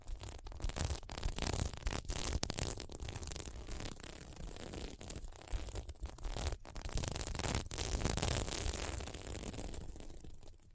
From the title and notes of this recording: ASMR Satisfying SequinMermaid Pillow Scratching Sounds (No Talking).